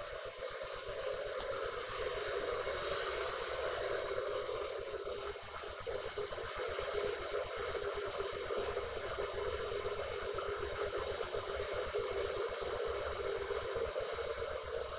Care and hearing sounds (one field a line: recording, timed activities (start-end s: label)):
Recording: household activities, microphone on the right wrist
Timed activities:
0.00-14.98 s: making tea